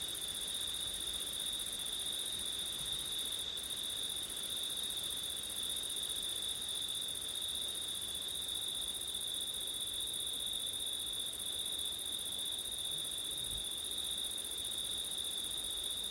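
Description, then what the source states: Cricket chorus: continuous high-pitched trilling in two bands, the upper one breaking briefly once, with a faint wind hiss underneath. Crickets on a September night, with wind; ortif (ORTF) microphone setup.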